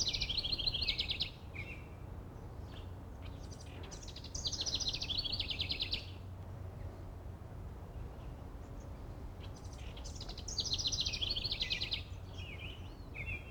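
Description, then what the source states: Wren song in fast, high trilling bursts, several long phrases a few seconds apart, with steady low background rumble. Singing; some background noise in the recording.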